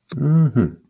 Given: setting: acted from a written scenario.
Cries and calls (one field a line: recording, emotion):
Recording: vocal sound without words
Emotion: pride